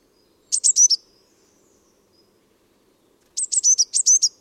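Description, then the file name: Eurasian blue tit calls: two short bursts of high, thin, quick chipping notes, separated by a few seconds of quiet. "Cyanistes caeruleus"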